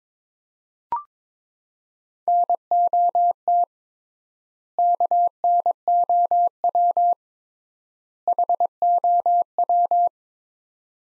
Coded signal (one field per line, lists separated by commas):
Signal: Morse code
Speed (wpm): 22 wpm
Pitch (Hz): 700 Hz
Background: none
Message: NOT KNOW HOW